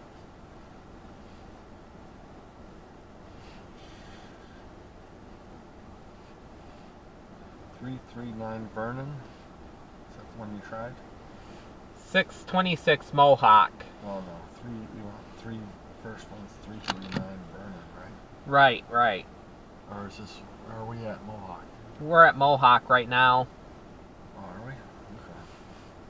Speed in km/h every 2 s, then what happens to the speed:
0, 0, 0, 0, 0, 0, 0, 0, 0, 0, 0, 0, 0.
0-26 standing.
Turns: none.